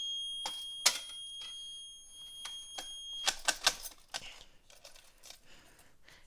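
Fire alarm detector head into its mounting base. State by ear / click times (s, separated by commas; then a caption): not seated / none. Someone tries to fit a fire alarm detector head back onto its mounting base, but the plastic locking tab has broken off, so it will not latch. Sharp plastic knocks and taps ring out at about 0.9, 3.5, 3.7 and 4.2 seconds over a faint steady high tone that fades after about 3.3 seconds. Nothing has seated or clicked into place yet.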